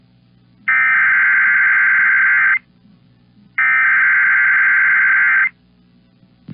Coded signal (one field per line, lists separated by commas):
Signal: Emergency Alert System (SAME) tones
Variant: header bursts